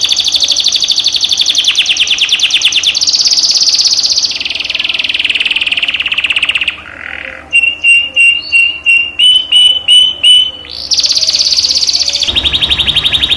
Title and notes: PANCINGAN SUARA MASTERAN KENARI BIKIN BURUNG MAKIN MENGGILA. masteran kicau kenari